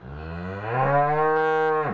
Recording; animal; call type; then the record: contact call of a hoofed animal; cattle; low-frequency (closed-mouth) or high-frequency (open-mouth) call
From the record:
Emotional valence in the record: negative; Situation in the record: full separation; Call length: 1.94 s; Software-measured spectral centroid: 1060 Hz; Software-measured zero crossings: 1290 a second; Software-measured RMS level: -23 dBFS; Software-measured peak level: -11 dBFS